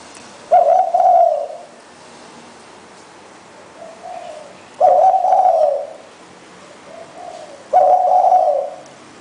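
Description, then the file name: Spotted dove repeating three loud, husky coo phrases, with quiet soft coos in the gaps. "นกเขาใหญ่"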